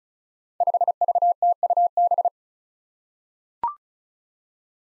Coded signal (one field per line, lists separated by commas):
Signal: Morse code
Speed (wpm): 36 wpm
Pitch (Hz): 700 Hz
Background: none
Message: 5VTUB